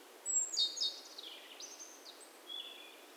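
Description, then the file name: Great tit giving a brief high call of thin whistled notes and chips near the start, then fainter trailing notes over steady background hiss. "Parus major"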